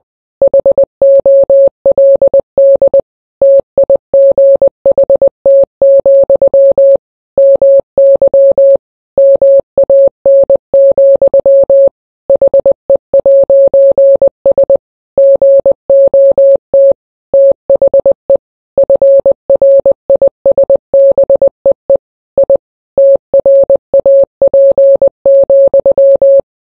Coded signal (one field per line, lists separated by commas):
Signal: Morse code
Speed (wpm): 20 wpm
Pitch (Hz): 550 Hz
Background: none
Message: HOLD TIGHT, MY MAN, HE'S GOT THE FRISBEE I TRAP,